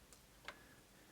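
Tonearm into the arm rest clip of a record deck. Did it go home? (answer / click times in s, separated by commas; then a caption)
no / none. After its tracking force is set to about 1.45 g, the tonearm of a Garrard AP76 record deck with a Goldring G800E cartridge is moved toward its arm rest clip to hold it in place. A faint tick sounds at 0.1 s, then a sharper, louder tick at 0.5 s, with a rising sound right at the end. The tonearm is still being handled, and nothing has clicked into the rest clip yet.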